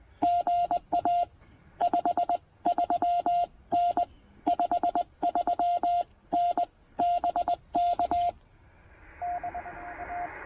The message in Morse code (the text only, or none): GA 53N 53N BK DA